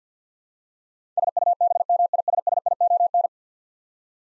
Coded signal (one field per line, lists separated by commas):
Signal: Morse code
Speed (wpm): 50 wpm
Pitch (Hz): 700 Hz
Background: none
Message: SUBMISSION